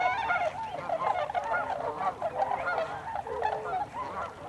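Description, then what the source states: Tundra swan flock calls, a constant babble of mellow hooting notes overlapping one another. Recorded 26 December 2020.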